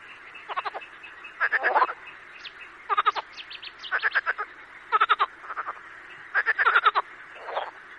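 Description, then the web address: Marsh frogs croaking in short pulsed bursts, several callers overlapping in a continuous chorus. "marsh frog"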